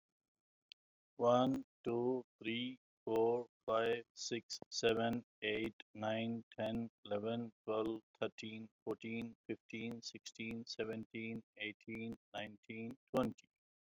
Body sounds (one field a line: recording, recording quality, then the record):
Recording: counting at a normal pace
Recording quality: excellent, no background noise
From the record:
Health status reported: recovered from COVID-19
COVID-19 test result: positive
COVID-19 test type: RT-PCR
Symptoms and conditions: cough, cold, sore throat, fever, fatigue, hypertension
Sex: male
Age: 58 years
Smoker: no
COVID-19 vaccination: both doses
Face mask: not worn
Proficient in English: yes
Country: India